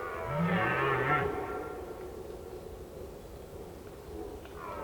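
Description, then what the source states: Red deer giving one deep, wavering roar, followed by a quiet stretch and the hint of another roar beginning. During the rut.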